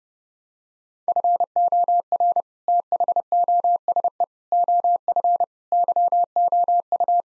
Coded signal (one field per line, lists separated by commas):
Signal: Morse code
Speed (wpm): 30 wpm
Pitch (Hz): 700 Hz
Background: none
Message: FOR THOSE OF YOU